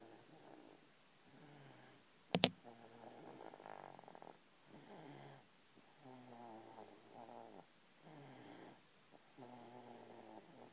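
Soft rhythmic snoring from a content, resting 1-year-old cat, about seven breaths in ten seconds, with one brief click.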